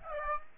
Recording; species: mosquito wingbeat signal from an infrared sensor; Aedes aegypti